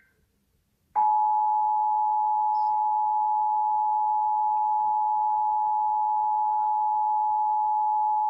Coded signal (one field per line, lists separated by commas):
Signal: Emergency Alert System (SAME) tones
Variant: 853 and 960 Hz attention tone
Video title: EAS #58: Required Monthly Test - Indiana (12/20/2018) (Comcast)